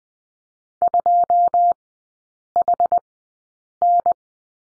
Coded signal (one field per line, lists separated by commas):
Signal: Morse code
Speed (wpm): 20 wpm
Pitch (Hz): 700 Hz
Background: none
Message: 2HN